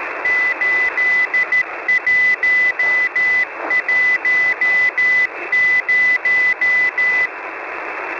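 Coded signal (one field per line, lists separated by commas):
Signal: Morse code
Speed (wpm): 13 wpm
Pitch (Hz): 2000 Hz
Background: none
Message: 8110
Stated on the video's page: Numbers-station CW messages: Squeaky Wheel on 5361 kHz, also broadcast on 5473 kHz; Pip sub frequency 6922 kHz, main 5448 kHz.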